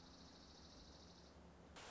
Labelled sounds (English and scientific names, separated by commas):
Dark-eyed Junco (Junco hyemalis)